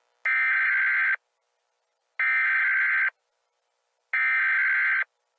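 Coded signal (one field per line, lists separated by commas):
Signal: Emergency Alert System (SAME) tones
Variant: header bursts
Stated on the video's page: Fictional mock EAS alert about an anomalous freezing rain storm in Minnesota.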